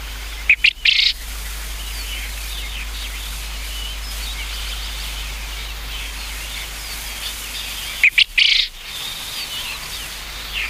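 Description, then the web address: Japanese quail giving two explosive, grating three-syllable calls roughly seven and a half seconds apart, while small birds twitter continuously. "sikioto. uzura"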